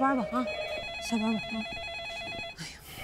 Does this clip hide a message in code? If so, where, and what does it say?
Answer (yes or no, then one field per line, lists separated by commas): no